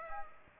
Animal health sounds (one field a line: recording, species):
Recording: mosquito wingbeat signal from an infrared sensor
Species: Aedes aegypti